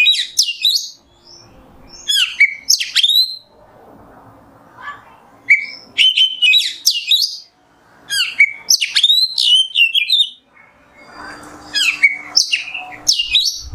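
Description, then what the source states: Oriental magpie-robin singing loud, rapid groups of high whistles and sweeping notes, repeated in bursts with short pauses and light background hiss. Indonesian masteran (tutor recording for training kept birds), song in the 'nembak' style.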